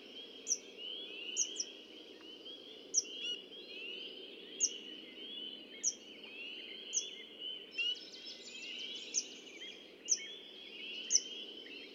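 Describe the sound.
Red-winged blackbird song with sharp high notes repeated about every second and a buzzy rattling trill later on, set against a constant background chorus of birds or insects.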